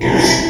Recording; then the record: squeal of a Yucatan mini pig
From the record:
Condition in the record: before surgery on the right vocal fold (resection and tissue-engineered implant); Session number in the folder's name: 1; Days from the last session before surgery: -3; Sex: male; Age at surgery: 12 weeks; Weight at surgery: 13 kg